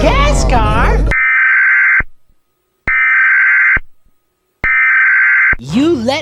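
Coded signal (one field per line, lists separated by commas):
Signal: Emergency Alert System (SAME) tones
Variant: header bursts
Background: speech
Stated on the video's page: EAS alarm sounds from many countries in a compilation.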